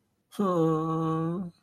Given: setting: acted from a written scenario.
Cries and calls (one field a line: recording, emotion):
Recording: vocal sound without words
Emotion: sadness